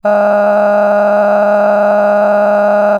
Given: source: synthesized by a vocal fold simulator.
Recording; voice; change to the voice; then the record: sustained vowel; female; cycle-to-cycle stiffness perturbation (roughness), level 8 of 10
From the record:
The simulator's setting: 5.22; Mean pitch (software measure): 206 Hz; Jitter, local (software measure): 2.40%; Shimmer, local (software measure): 16.2%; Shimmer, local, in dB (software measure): 1.42 dB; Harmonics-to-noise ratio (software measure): 12.2 dB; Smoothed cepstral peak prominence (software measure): 14.5 dB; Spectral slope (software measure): -21.8 dB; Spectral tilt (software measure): -11.8 dB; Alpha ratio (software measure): -12.3 dB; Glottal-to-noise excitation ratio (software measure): 0.946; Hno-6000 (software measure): 2.4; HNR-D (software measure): 29.9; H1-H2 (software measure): -0.1 dB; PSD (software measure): 1.0e-04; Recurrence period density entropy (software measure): 0.116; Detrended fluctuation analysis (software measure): 0.0289